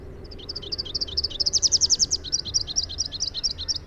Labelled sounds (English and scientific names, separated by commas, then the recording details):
Rufous-capped Warbler (Basileuterus rufifrons) song
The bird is a male
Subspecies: rufifrons
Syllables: 45
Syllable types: 6
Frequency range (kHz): 2.9-6.6 kHz
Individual MO-R01-M